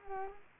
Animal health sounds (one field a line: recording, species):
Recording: mosquito wingbeat signal from an infrared sensor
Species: Culex quinquefasciatus